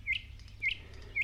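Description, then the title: Thrush nightingale song notes: three short rising whistles repeated about every half second over a low background hum. "Viikon luontoääni: Satakieli"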